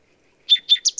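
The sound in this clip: Bird song notes: two sharp downslurred chirps, a higher third note and the start of a fourth, cut short, in silence.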